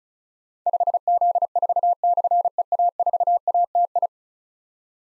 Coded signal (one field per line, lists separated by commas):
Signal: Morse code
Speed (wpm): 36 wpm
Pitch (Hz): 700 Hz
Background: none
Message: 5Z4/EA4ATI